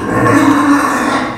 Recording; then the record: squeal of a Yucatan mini pig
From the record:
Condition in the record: after surgery on the right vocal fold (resection and tissue-engineered implant); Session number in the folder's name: 4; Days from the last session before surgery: 26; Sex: female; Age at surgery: 19 weeks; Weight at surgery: 25 kg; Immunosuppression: prednisolone